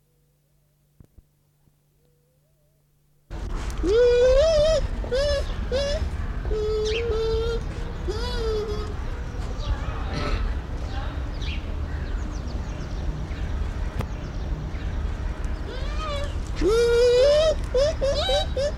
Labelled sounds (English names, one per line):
Bush Dog